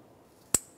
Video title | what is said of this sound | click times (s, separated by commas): How to Replace Intake Gasket Set 1994-2002 Dodge Ram 2500 | Let's connect this in right along here. Listen for a click from that. | 0.6 s